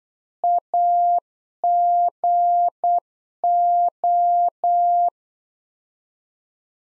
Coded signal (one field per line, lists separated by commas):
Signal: Morse code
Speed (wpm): 8 wpm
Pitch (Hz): 700 Hz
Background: none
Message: AGO